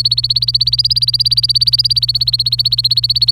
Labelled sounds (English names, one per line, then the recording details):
Domestic Canary song
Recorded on 26 April 2018 at 11:36
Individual llb3